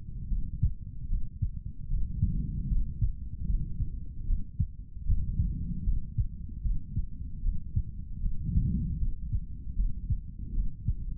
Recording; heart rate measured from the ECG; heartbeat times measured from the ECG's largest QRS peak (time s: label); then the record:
heart sounds by stethoscope; 76 bpm
0.28 s: heartbeat
1.08 s: heartbeat
1.88 s: heartbeat
2.68 s: heartbeat
3.46 s: heartbeat
4.25 s: heartbeat
5.05 s: heartbeat
5.84 s: heartbeat
6.62 s: heartbeat
7.42 s: heartbeat
8.21 s: heartbeat
8.99 s: heartbeat
9.76 s: heartbeat
10.53 s: heartbeat
From the record:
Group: healthy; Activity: cold pressor test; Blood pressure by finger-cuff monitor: 106/72 mmHg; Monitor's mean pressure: 82 mmHg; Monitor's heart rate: 76 bpm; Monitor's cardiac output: 3.7 L/min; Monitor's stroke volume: 48 mL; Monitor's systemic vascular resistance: 1620 dyn s/cm5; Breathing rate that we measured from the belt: 19 breaths a minute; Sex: male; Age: 55 years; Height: 167 cm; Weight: 57.2 kg